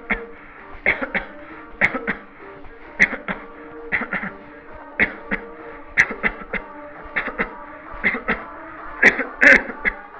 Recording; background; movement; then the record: voluntary coughing; music; sitting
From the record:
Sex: male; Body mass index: 22.0 kg/m2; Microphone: on the chest, facing the body